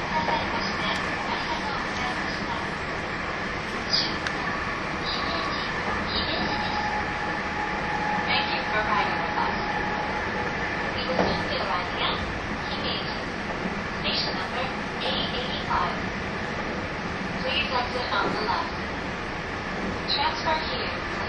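A train runs steadily, its low rumble and rattling filling the whole stretch without pause. Faint voices murmur underneath, and brief clacks and bright metallic squeaks cut through every couple of seconds, around 4, 8, 11 and 18 seconds.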